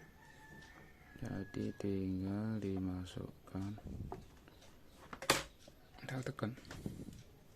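A RAM module is being handled at a motherboard memory slot, in a PC build whose case is made from a used donut box, while someone talks. Brief handling taps and knocks are heard, the sharpest near 5.3 s. The clip ends before the part goes home, and nothing has seated or clicked yet.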